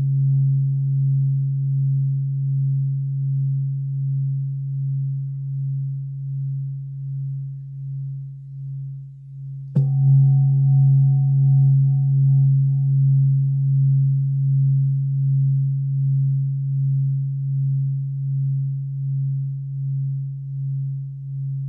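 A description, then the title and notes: A singing bowl hums with a low, steady drone that wavers gently in loudness as it rings. Around ten seconds in, a soft strike renews the tone, adding a brief brighter shimmer above the hum before it settles and slowly fades again. The sound of singing bowls. Gong singing bowls.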